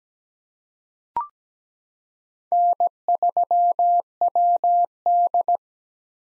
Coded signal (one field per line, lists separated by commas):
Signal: Morse code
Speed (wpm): 17 wpm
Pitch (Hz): 700 Hz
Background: none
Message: N3WD